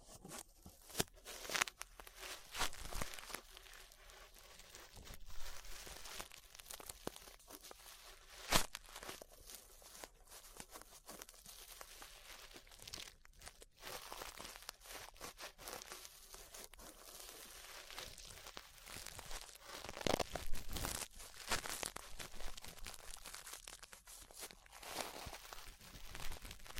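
Ear brushing: soft, dense scratchy rustling runs through the whole recording, bright and airy with little low end. Sharper crinkly strokes and crunches burst out irregularly, every second or two, with louder ones around 2, 8, 13 and 21 seconds.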